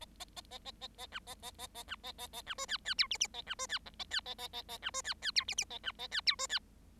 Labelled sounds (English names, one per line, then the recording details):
Bengalese Finch song
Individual Bird7